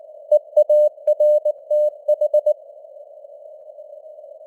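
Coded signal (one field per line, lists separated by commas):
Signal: Morse code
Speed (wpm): 19 wpm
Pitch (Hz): 600 Hz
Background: none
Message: EARTH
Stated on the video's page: Morse news headlines at 19 wpm with simulated radio noise and varying signal strength (QSB).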